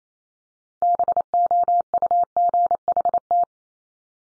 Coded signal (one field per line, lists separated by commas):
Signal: Morse code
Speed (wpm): 28 wpm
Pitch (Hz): 700 Hz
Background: none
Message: BOUGHT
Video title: Multi-letter Phonemes Repeated 3x 28wpm